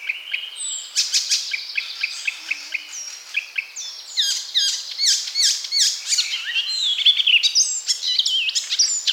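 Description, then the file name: Icterine warbler song: a fast, varied stream of squeaky whistles, chattering notes and sharp rising and falling slurs, run together almost without pause. "Zvuki ptic - Zelyonaya peresmeshka"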